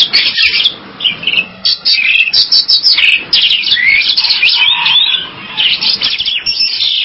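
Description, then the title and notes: Bali myna song of harsh rasping notes mixed with slurred whistles that rise and fall, in busy, uneven bursts. "Jalak Bali. Kicau Burung Jalak"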